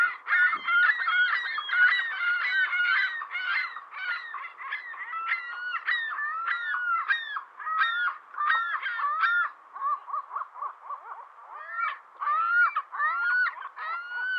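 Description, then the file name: Ring-billed gull calls from a group: dense, overlapping squealing yelps that arch up then drop. They thin briefly in the later part, then pick up again. "Digiffects Sound Effects Library - Ring-Billed Gull Call"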